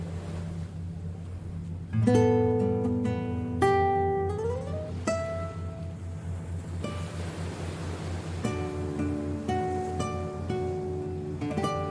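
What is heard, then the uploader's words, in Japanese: Waves wash steadily at Shark Beach, Vaucluse, under a constant low rumble. From about two seconds, ringing guitar notes enter, some sliding upward in pitch, with fresh notes struck around four, seven, and again from eight and a half to twelve seconds. 波の音とギターサウンド。波の音がホワイトノイズのようになってしまった。Wave sound : Shark beach, Vaucluse。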